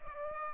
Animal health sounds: mosquito wingbeat signal from an infrared sensor; Aedes aegypti

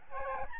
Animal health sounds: mosquito wingbeat signal from an infrared sensor; Aedes albopictus

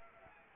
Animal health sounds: mosquito wingbeat signal from an infrared sensor; Anopheles arabiensis

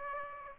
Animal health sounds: mosquito wingbeat signal from an infrared sensor; Aedes aegypti

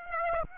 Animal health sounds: mosquito wingbeat signal from an infrared sensor; Aedes aegypti

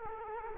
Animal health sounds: mosquito wingbeat signal from an infrared sensor; Culex quinquefasciatus

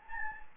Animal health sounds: mosquito wingbeat signal from an infrared sensor; Anopheles gambiae

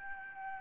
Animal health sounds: mosquito wingbeat signal from an infrared sensor; Aedes albopictus

